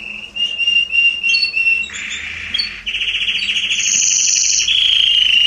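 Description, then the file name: Canary song: bright whistled notes, then fast buzzy trills and rolling tours at steady pitch, shifting between high and lower rattling phrases. "Canary Voice"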